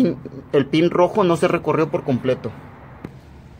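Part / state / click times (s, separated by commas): red locking pin of a fuel pump wiring connector / released / 3.0 s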